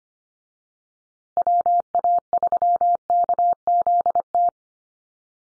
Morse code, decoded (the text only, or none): WA3KZT